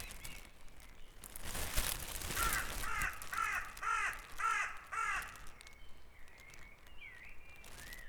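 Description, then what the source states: Bird calls at dawn: a run of five harsh, cawing notes about half a second apart, preceded by a loud rustling burst, with thin whistles from other birds. Dawn chorus on Back Dragon Avenue in Harrogate, part of a sound map of the town.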